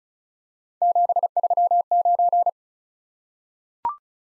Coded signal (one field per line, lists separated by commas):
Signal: Morse code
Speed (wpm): 36 wpm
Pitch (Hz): 700 Hz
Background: none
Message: 739